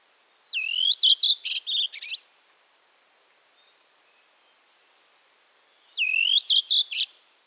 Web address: glosy ptakow spiew drozda bialobrodego